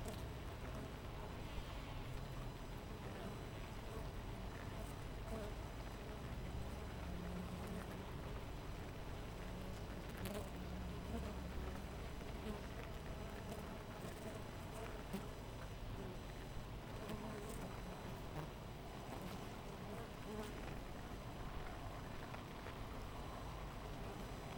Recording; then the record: honeybee colony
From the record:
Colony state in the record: missing queen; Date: 14 July 2017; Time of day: 6:40